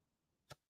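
A metal lid is twisted open on a glass canning jar of canned vegetables, and the vacuum seal breaks with a single short, sharp pop at 0.5 seconds against quiet background noise. The seal is released and the jar is open.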